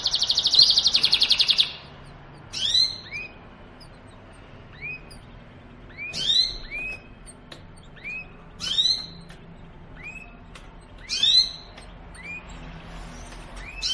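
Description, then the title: Belgian canary giving a short high trill, then separate sharp chirp bursts and rising whistled notes roughly every two to three seconds. Belgian canary song to stimulate singing; linked to mating. "Canto Para Esquentar Canário Belga. suara kenari kawin"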